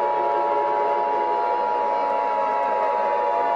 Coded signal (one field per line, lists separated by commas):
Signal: Emergency Alert System (SAME) tones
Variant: 853 and 960 Hz attention tone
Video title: EAS Scenario #11: Mickey Error 7 Well Its Still Going